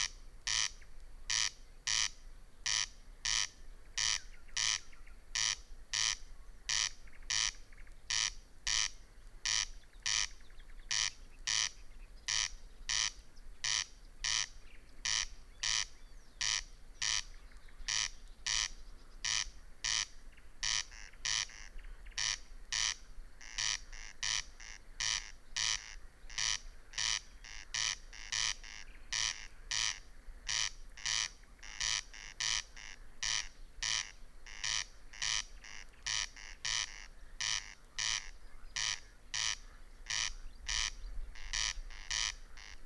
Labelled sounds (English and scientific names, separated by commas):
Corn Crake (Crex crex)